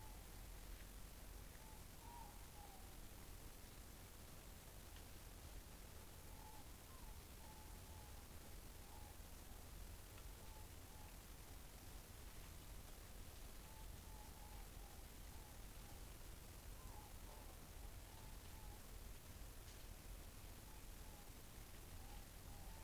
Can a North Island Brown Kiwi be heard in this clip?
no